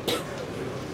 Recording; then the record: coughing mixed with background sound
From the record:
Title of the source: 30 Chesty and wet cough